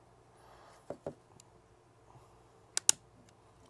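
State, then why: Seated. A small steel part is turned up and pushed in and down into a Springfield Hellcat's polymer pistol frame during reassembly, with a few faint ticks and handling noises first. It then snaps into place with two sharp metallic clicks at 2.8 and 2.9 seconds, seating the part.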